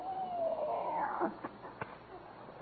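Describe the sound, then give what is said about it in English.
In a scene from The Jack Benny Program, a cat that has just finished a plate of turkey yowls angrily in one drawn-out, wavering wail lasting just over a second, followed by a couple of short sharp clicks against a faint, muffled background hiss. “So what's she mad about? She's not mad. She just ain't got a toothpick.”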